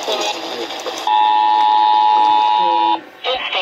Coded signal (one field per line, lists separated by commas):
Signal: Emergency Alert System (SAME) tones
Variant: 853 and 960 Hz attention tone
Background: speech